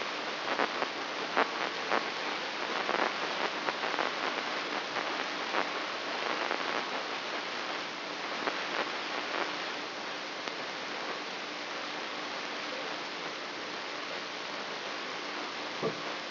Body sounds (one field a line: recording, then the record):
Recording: brain microelectrode recording played as sound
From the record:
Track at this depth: outside the subthalamic nucleus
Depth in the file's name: 8.504 mm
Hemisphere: left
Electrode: 3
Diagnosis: Parkinson's disease